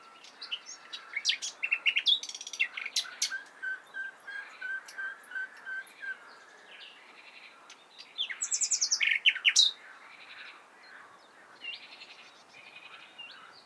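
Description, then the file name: Common nightingale song: a long, varied phrase with clicks and a row of very high thin descending whistles, then a loud rapid flourish before fading to soft calls. "Luscinia megarhynchos"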